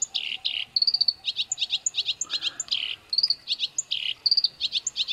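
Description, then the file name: Black-browed reed warbler song, a continuous, varied, scratchy stream of harsh chatters mixed with thin whistled notes, delivered quickly without pause. "suara kerakbasi alis hitam masteran"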